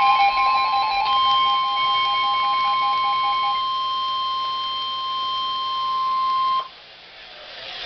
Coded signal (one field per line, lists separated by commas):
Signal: Emergency Alert System (SAME) tones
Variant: 1050 Hz attention tone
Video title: Severe thunderstorm warning EAS # 13